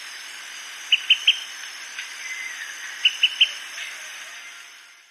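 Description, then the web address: Olive-sided flycatcher calling: sharp, evenly spaced pip notes in two quick sets of three, about two seconds apart, over a faint background hiss. Recorded in Ecuador. "Birds of Ecuador. Olive-sided Flycatcher"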